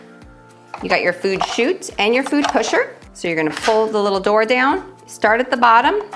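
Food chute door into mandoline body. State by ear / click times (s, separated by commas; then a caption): not seated / none. Someone talks while the plastic food-chute door on a mandoline is handled, pulled down and started at the bottom so it can clip into the mandoline body. Nothing has seated or clicked yet in this clip.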